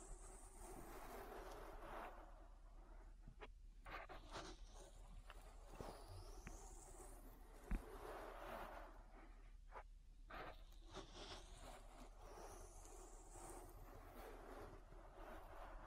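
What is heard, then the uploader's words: Ear massage: steady dense rubbing and scraping with bright swooping strokes around 6 and 12 seconds, sharp taps near 3.5, 7.7 and 9.7 seconds, and a low hum. ASMR Relaxing Ear Massage. (No Talking).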